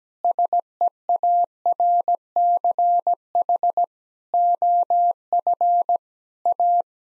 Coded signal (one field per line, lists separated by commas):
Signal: Morse code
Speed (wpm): 17 wpm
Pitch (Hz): 700 Hz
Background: none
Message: SEARCH OF A